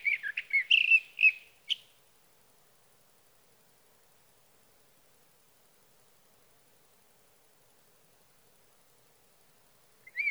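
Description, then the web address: Sage thrasher song, a short run of warbled notes at the start, then long silence, with another phrase beginning just at the end. "birdsongforthecurious Sage Thrasher"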